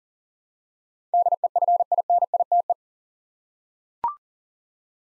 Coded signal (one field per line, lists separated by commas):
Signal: Morse code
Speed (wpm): 38 wpm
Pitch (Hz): 700 Hz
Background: none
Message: DEFINITE